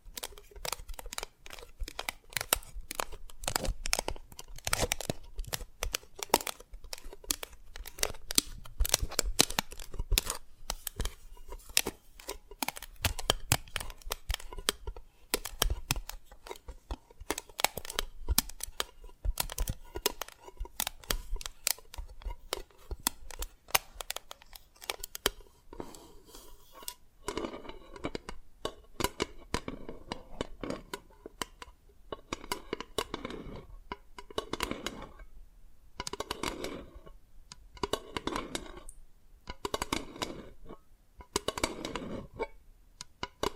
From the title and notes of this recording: ASMR SQUID GAME Dalgona Candy Challenge Tapping, Cracking Triggers for Sleep(No Talking).